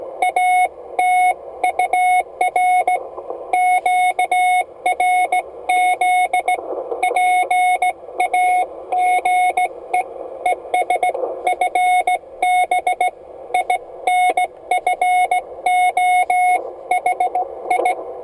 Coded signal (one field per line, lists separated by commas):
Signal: Morse code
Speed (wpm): 17 wpm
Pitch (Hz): 730 Hz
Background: none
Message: ATUR QRZ PAGE ES FB INFO HI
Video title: Morse code DX